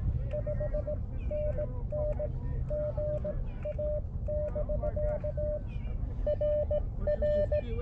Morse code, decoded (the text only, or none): 5NN GA<BK> RR